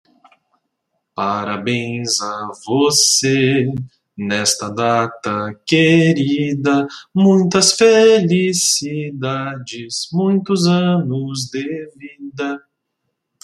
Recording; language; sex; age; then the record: short text; Brazilian Portuguese; male; 20 to 29 years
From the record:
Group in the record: control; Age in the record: 27 years